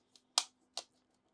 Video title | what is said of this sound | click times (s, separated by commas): Build the Star Trek Enterprise NCC-1701-D - Pack 9 - Stages 31-34 | making sure that's sitting flush in here you probably heard it click in there | 0.4 s